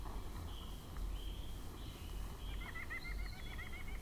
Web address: White-breasted Nuthatch